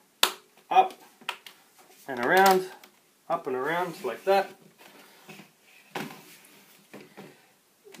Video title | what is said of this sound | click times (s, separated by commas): Aspire 5542 Laptop LCD Screen Replacement | this one is a bit easy it's obviously been opened before but you know you might feel that the clicking is actually breaking it | 6.0 s, 6.9 s, 8.0 s